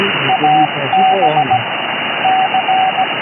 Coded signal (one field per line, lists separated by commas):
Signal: Morse code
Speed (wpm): 17 wpm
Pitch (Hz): 760 Hz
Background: speech, radio noise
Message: A B C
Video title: what is this????? cb radio